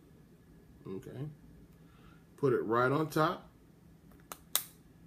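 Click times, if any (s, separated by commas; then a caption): 4.5 s. Someone talks while decanting perfume, then places the top of a travel perfume atomizer right on top and presses it on. A few faint ticks lead into a sharp click at 4.5 seconds as the top snaps into place.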